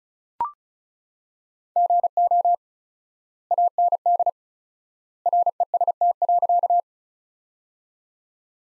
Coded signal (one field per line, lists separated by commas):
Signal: Morse code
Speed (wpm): 36 wpm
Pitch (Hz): 700 Hz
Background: none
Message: GO AND REST.